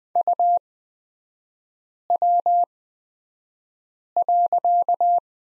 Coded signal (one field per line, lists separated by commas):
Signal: Morse code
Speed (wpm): 20 wpm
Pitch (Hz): 700 Hz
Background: none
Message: UW.